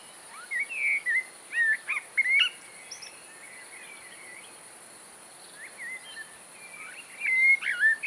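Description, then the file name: Eurasian blackbird giving two fluty warbled phrases with high squeaky endings, separated by a long pause filled only by faint hiss. "Turdus merula"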